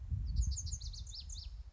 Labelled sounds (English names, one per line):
Lazuli Bunting